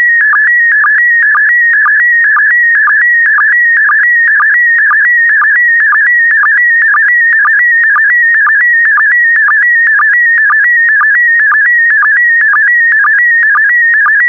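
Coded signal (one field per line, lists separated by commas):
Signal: SSTV (slow-scan television)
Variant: PD120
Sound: steady warbling whistle around 2 kHz with regular short low blips twice a second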